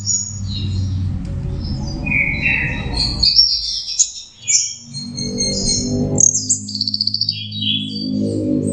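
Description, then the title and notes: Orange-headed thrush song of high chattering whistles and a buzzy rattling phrase, partly masked by a heavy low rumbling noise that fades midway and returns. Master song recording for training captive birds; teler song style. "Suara Burung Anis Merah Teler. Masteran Anis Kembang"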